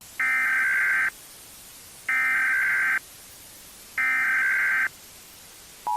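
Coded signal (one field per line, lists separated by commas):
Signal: Emergency Alert System (SAME) tones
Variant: header bursts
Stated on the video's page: Fictional EAS recreation.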